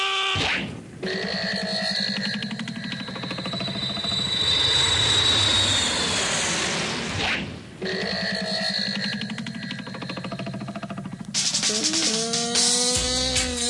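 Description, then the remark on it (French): Loud, steady roar of an airplane engine in flight, heard from inside the airplane, a droning hum with a high whine on top, briefly dipping twice before the tone shifts near the end. No one speaks. “Nous sommes dans un avion.”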